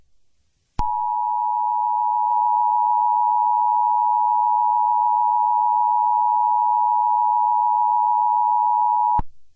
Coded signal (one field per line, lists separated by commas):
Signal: Emergency Alert System (SAME) tones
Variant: 853 and 960 Hz attention tone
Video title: EAS Scenario #7: The Chameleons Dominance (Kung Fu Panda)